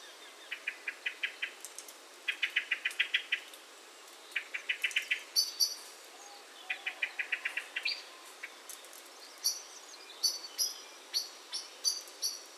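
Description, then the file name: Common blackbird calling in bursts of quick repeated clicks, several series in a row, with high thin notes in the later part. "Turdus merula"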